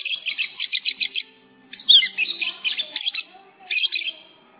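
Lovebird producing a fast series of evenly spaced chirps, then a loud shrill squeak followed by rapid chatter.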